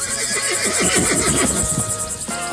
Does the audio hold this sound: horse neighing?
yes